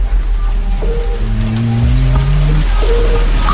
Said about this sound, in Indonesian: Dan akhirnya aku jalan sendirian, ditemani gemericik air hujan dan suara-suara binatang di pepohonan.